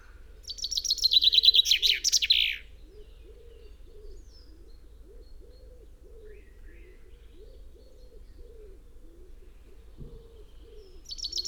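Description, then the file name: Common chaffinch song: one loud descending rattling phrase ending in a flourish, then a long quiet stretch, with the start of another phrase at the very end. "Fringilla coelebs"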